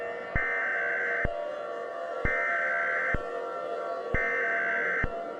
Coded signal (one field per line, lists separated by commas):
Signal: Emergency Alert System (SAME) tones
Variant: header bursts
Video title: TMYK and Mr Jakes EAS Scenario Nuclear Sabotage (REUPLOAD)